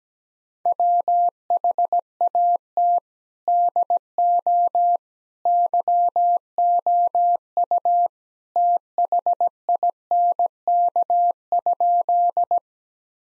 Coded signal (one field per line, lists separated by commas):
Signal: Morse code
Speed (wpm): 17 wpm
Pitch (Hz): 700 Hz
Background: none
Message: WHAT DO YOU THINK?